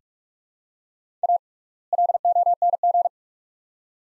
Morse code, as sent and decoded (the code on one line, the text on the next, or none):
.- / .-.. --- -. --.
A LONG